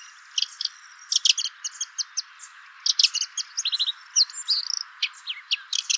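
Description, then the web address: Red-backed shrike delivering a busy, scratchy warble of clipped chirps, ticks and brief squeaky phrases, loosely grouped into irregular runs with short pauses. "songs lanius collurio call"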